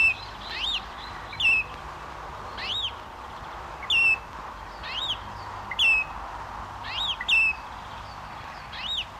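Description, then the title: Great Grey Shrike calling: many ringing whistled notes against a soft continuous hiss. "Viikon luontoääni: Isolepinkäinen"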